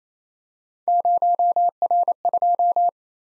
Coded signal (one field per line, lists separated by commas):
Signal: Morse code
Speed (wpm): 27 wpm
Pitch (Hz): 700 Hz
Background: none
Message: 0R2